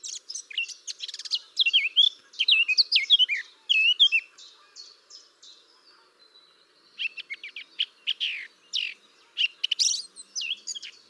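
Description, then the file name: Eurasian blackcap song: a rich warble of varied scratchy and fluty notes, a quieter pause midway, then another burst of rapid chattering notes. "Sylvia atricapilla"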